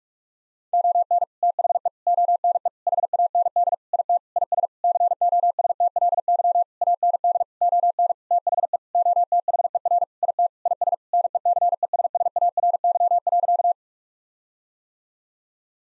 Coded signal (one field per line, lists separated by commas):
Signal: Morse code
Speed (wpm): 46 wpm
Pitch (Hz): 700 Hz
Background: none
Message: ON THE ONE HAND IT IS COSTLY AND ON THE OTHER IT IS NECESSARY.